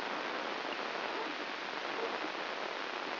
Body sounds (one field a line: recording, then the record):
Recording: brain microelectrode recording played as sound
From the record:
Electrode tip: inside the subthalamic nucleus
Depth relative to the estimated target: 2 mm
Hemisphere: left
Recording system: AlphaMap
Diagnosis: Parkinson's disease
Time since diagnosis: 19 years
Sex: male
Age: 59 years